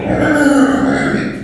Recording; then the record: squeal of a Yucatan mini pig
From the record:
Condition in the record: after surgery on the right vocal fold (resection and tissue-engineered implant); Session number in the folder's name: 3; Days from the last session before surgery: 21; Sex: female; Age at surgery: 19 weeks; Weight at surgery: 25 kg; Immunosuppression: prednisolone